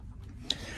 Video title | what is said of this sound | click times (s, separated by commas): Reviewing the Pride Mobility Victory ZT10 | and it locks into place perfectly for your great driving position. | 0.5 s